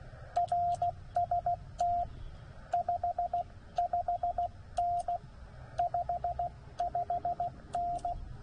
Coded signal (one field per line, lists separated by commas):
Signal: Morse code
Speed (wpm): 16 wpm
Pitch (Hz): 700 Hz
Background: radio noise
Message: RST 55N 55N